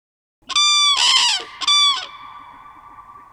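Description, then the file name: Common crane giving loud, rich trumpeting calls, three ringing bugle notes in quick succession with a fading tail afterwards. Played back. "Trane"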